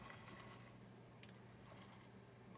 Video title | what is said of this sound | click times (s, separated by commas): Magic Cat DK Tec Set Part 3 | But it's not seated correctly. It's not down to the pins. | 1.2 s